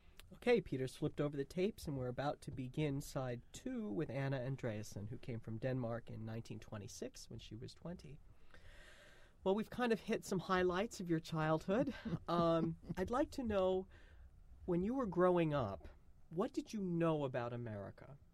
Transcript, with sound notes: Okay, Peter has flipped over the tapes and we're about to begin Side Two with Anna Andreasen, who came from Denmark in 1926 when she was twenty. Well, we've kind of hit some highlights of your childhood. (laughs) I'd like to know when you were growing up, what did you know about America